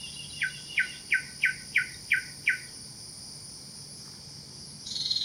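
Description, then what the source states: Pin-striped tit-babbler calling, a run of seven clipped, evenly spaced notes about three per second, then silence, over a high insect drone that grows louder near the end. Calls recorded in Kledang Sayong Forest Reserve, Ipoh, Perak, Malaysia, on 16 June 2018.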